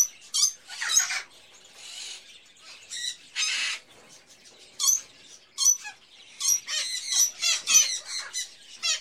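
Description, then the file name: Mixed birds squawking and chattering, loud raspy bursts and noisy screeches, followed by fast overlapping chirps toward the end. Various birds in a pet shop, ambience. "Sound Ideas 2000 Series - Birds, Various Birds In A Pet Shop, Ambience"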